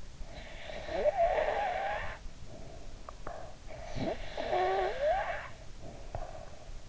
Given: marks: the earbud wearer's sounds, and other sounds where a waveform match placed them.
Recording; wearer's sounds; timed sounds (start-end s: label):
sounds in sleep by an in-ear microphone; breath, teeth grinding
0.19-3.55 s: breath
3.01-3.55 s: teeth grinding
3.65-6.88 s: breath